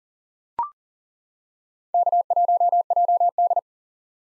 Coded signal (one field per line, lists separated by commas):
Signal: Morse code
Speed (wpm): 37 wpm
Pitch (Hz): 700 Hz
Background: none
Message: K1JD